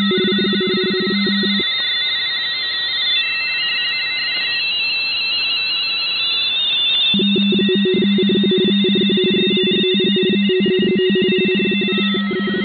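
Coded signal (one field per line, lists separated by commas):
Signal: RTTY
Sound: several warbling two-tone teletype signals at different pitches chattering at once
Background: radio static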